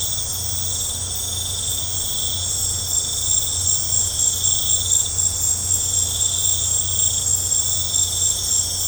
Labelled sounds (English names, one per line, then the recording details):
none
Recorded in pastures near Puerto Asís, Putumayo, Colombia, on 15 December 2024 at 21:00
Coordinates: 0.502, -76.324
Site G077